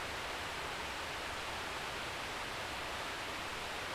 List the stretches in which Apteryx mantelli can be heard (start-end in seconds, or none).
none